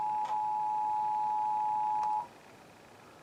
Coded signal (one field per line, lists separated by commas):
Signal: Emergency Alert System (SAME) tones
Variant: 853 and 960 Hz attention tone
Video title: The Last Shasta County RMT (EAS #3810-3822)